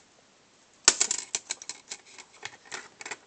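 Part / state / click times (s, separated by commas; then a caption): internal component into the PDA front case / seated / 0.9 s. An internal component is pushed into the front case of a Palm Tungsten T2 PDA during reassembly. A loud, sharp click at 0.9 s marks the part seating, followed by a run of quieter clicks and taps through about 3.2 s. The part is seated.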